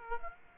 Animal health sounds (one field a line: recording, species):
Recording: mosquito wingbeat signal from an infrared sensor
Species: Aedes aegypti